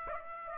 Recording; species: mosquito wingbeat signal from an infrared sensor; Aedes aegypti